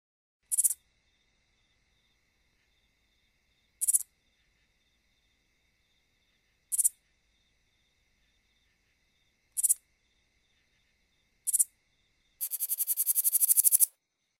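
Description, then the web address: Texas bush katydid song: five brief, very high lisping ticks spaced a few seconds apart, then a longer rapid pulsed buzz near the end. "Crickets and Katydids. Texas Bush Katydid, Scudderia texensis"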